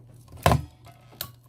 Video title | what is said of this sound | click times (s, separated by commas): How To Set Up Hikvision Ax Pro House Alarm Kit Using App | Once you hear that click, you are in. | 0.5 s